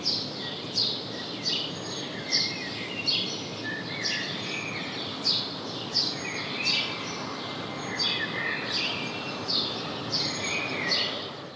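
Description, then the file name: House sparrow calling, a series of short high chirps at an uneven pace, set against loud constant background noise. "Passer domesticus"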